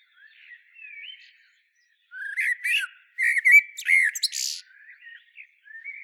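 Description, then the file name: Common blackbird song, two phrases of mellow whistled warbling, the second ending in a high squeaky flourish, with other birds singing faintly. "Turdus merula"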